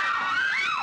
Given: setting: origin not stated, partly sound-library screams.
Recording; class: one-second piece from a danger detection set; woman in danger